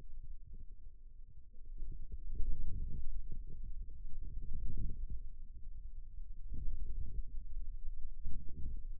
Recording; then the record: forearm muscle sounds (acoustic myography)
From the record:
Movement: radial deviation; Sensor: system 2, bracelet of six BSWA MPA416 microphones around the upper forearm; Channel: 2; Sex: male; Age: 22 years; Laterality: right